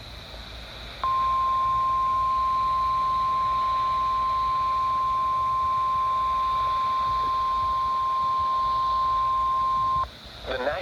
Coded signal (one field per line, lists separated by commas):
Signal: Emergency Alert System (SAME) tones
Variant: 1050 Hz attention tone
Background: speech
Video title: EAS #103 “KEC85 SVR.” 8/21/2026